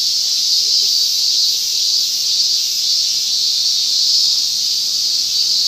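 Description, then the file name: Cicada giving a continuous shrill hiss-like buzz, even and sustained without pauses from start to finish. "mushi cicada"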